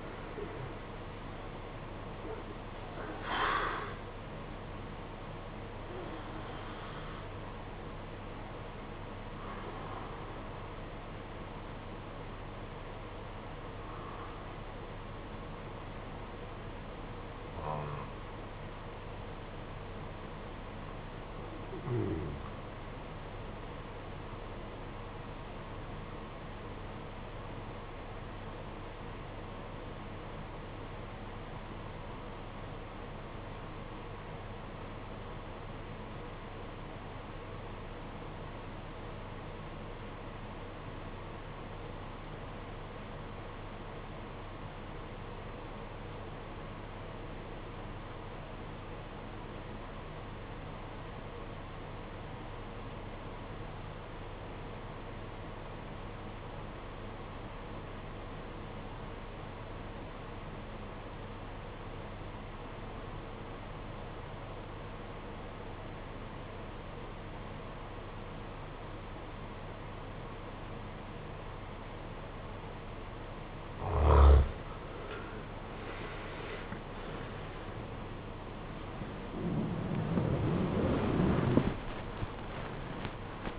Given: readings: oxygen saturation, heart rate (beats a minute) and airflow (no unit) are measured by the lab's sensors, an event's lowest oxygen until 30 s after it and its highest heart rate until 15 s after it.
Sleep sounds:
breathing in sleep by a voice recorder at the bedside; 1
23.00-83.59 s: new sleep stage, REM sleep
27.00-74.60 s: obstructive apnea (REM, oxygen 95% highest, then 71% lowest, heart rate 49 at the start, 92 highest)
From the record:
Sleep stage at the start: N1 (lightest sleep); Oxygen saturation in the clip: 74 to 95%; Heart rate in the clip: 48 to 89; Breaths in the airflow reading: 6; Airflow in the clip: -18.7 to 17.4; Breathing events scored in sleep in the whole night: 476 in 9.7 hours asleep

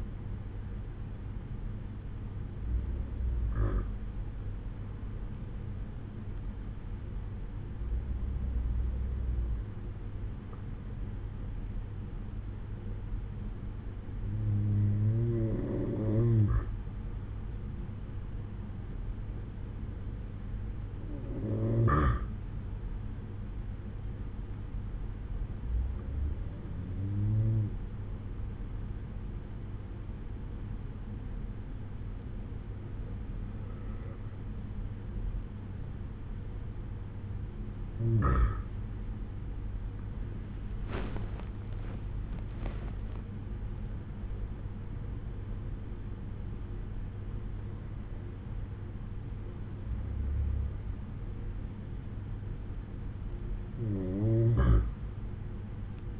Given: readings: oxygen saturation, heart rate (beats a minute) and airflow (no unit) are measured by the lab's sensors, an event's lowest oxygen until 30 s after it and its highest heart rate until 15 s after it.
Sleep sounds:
breathing in sleep by a smartphone at the bedside; 1
12.00-43.80 s: hypopnea (N1, oxygen 96% highest, then 94% lowest)
From the record:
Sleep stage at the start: N1 (lightest sleep); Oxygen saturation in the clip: 94 to 96%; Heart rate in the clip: 62 to 78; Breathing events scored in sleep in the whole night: 187 in 7.2 hours asleep

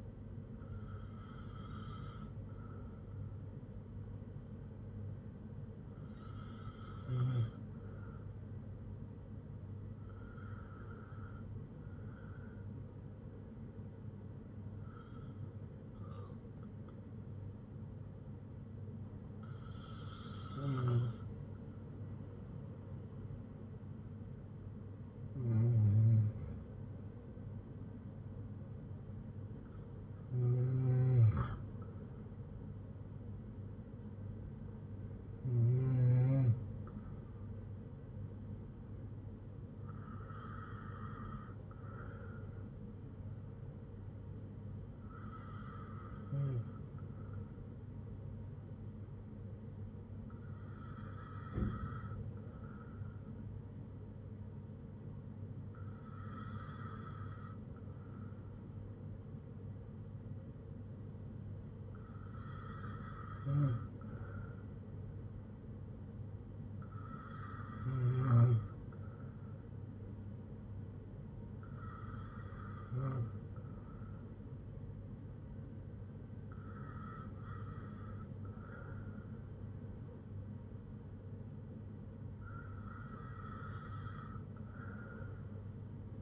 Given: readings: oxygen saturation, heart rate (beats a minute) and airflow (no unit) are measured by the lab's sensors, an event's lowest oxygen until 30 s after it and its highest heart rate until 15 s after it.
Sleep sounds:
breathing in sleep by a smartphone at the bedside; none
none scored
From the record:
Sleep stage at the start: N2 (light sleep); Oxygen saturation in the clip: 93 to 95%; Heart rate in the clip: 58 to 70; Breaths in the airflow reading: 17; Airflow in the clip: -6.0 to 5.0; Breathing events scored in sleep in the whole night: 182 in 7.4 hours asleep

